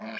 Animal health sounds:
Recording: pig call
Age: piglet (1 to 25 days)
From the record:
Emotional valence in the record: negative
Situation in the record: short isolation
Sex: male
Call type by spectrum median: low-frequency call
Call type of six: mixed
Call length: 0.20 s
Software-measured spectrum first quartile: 408 Hz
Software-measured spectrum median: 1082 Hz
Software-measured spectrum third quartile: 2178 Hz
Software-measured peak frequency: 669 Hz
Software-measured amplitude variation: 75 dB a second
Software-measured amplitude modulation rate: 25.3 a second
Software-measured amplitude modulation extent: 3.0 dB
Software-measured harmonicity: 3.0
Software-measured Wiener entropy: -1.23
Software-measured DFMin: 563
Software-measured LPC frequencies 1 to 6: 708, 1621, 2349, 2921, 3957, 4504 Hz

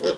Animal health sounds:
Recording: pig call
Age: piglet (1 to 25 days)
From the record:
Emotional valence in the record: positive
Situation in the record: huddling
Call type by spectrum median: low-frequency call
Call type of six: low-frequency stable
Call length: 0.19 s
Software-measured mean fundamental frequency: 51 Hz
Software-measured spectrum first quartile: 456 Hz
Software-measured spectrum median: 666 Hz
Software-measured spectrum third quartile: 3230 Hz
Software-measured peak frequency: 442 Hz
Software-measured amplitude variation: 149 dB a second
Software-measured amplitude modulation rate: 8.1 a second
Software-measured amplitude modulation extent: 18.5 dB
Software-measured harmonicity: 5.2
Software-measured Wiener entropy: -2.87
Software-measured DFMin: 934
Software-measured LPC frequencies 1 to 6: 482, 1366, 3219, 5293, 6024, 8314 Hz

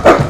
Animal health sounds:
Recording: pig call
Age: growing-finishing pig (85 days or more)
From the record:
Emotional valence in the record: positive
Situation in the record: run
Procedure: transit

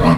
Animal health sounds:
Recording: pig call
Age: piglet (1 to 25 days)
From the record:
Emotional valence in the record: positive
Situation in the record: reunion after long isolation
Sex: female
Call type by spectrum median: low-frequency call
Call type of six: low-frequency tonal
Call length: 0.18 s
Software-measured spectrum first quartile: 186 Hz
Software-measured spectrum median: 397 Hz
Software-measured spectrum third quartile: 941 Hz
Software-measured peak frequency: 153 Hz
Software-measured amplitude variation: 83 dB a second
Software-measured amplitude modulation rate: 14.1 a second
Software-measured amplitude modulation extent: 5.9 dB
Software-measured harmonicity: -0.7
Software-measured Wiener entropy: -1.31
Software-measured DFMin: 573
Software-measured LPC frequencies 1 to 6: 1046, 1881, 2586, 3333, 4261, 6399 Hz

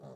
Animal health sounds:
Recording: pig call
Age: piglet (1 to 25 days)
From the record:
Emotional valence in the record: negative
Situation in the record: short isolation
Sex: female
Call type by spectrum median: low-frequency call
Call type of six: low-frequency stable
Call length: 0.17 s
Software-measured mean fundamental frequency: 50 Hz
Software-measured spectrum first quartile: 175 Hz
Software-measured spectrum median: 396 Hz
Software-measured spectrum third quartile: 635 Hz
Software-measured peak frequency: 580 Hz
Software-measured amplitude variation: 85 dB a second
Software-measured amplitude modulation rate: 21.2 a second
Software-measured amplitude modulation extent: 4.0 dB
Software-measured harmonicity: -1.3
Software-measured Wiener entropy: 0.27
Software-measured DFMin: 1250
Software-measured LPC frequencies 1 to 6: 563, 3632, 4426, 5827, 7044, 7911 Hz

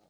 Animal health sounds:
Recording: pig call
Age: piglet (1 to 25 days)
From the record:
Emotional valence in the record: positive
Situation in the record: short reunion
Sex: male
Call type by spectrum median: low-frequency call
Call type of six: low-frequency stable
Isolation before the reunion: 3 minutes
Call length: 0.09 s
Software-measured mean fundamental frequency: 48 Hz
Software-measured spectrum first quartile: 475 Hz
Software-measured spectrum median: 879 Hz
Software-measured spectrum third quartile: 4648 Hz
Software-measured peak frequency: 317 Hz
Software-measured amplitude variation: 68 dB a second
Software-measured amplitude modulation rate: 16.1 a second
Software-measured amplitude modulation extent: 4.2 dB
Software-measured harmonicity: -1.3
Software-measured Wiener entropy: -2.28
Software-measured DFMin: 621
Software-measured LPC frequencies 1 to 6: 651, 2194, 3150, 4111, 6526, 8445 Hz

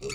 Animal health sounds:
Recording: pig call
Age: weaner (32 to 43 days)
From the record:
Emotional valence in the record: negative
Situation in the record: novel object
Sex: female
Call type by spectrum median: low-frequency call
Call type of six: mixed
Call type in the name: high-frequency modulated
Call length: 0.14 s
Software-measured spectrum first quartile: 383 Hz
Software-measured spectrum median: 1564 Hz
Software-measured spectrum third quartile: 4613 Hz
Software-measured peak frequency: 413 Hz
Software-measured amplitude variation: 102 dB a second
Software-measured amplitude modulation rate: 13.9 a second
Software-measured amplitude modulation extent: 7.3 dB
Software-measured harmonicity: 5.0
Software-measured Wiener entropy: -3.25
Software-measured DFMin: 730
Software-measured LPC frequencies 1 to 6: 414, 1314, 2289, 2666, 3697, 4500 Hz

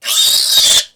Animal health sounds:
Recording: pig call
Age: piglet (1 to 25 days)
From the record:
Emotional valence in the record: negative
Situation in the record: restrain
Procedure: back test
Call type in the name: high-frequency call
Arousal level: medium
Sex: female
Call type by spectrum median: high-frequency call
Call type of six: high-frequency modulated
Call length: 0.96 s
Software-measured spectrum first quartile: 3833 Hz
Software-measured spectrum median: 4999 Hz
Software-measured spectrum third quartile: 7723 Hz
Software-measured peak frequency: 3780 Hz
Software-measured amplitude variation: 146 dB a second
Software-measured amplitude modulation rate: 20.3 a second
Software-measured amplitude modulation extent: 7.2 dB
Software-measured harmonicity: 2.6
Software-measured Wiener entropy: -2.07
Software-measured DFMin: 526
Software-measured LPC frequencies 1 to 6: 960, 1810, 3679, 4703, 5968, 7600 Hz

